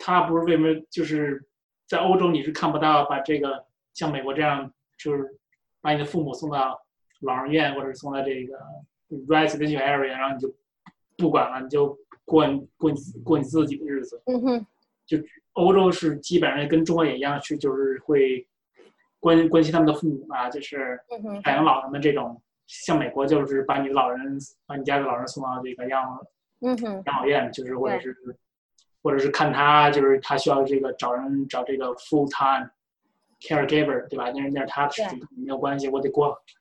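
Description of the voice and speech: Conversational Mandarin, with a few English words mixed in, from an adult man who stammers. He was born in Beijing, moved to the US at 17, and stammers more in English than in Chinese. A phrase is repeated three times, and there are some stretched sounds and pauses.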